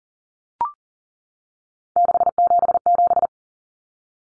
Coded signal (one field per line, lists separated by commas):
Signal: Morse code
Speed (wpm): 40 wpm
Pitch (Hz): 700 Hz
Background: none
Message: 677